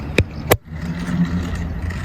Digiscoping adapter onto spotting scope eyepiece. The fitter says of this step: clac. Vous avez entendu ? Je crois